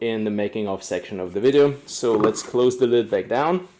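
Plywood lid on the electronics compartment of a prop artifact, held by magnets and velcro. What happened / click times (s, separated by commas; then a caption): Handled, not yet home: no seating click heard before the lid closes / none. Someone talks while handling the plywood lid on the electronics compartment of a prop crystal artifact, a lid held in place by magnets and velcro, as it is about to be closed back down. Nothing has seated or snapped shut yet by the end of the clip.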